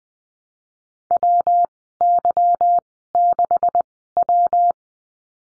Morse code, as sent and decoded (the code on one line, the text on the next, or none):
.-- -.-- -.... .--
WY6W